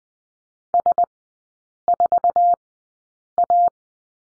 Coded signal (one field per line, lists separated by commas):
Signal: Morse code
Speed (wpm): 20 wpm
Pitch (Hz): 700 Hz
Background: none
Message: S4A